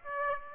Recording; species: mosquito wingbeat signal from an infrared sensor; Aedes aegypti